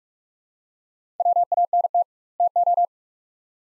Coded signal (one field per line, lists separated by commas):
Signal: Morse code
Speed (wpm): 46 wpm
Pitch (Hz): 700 Hz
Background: none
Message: WANT TO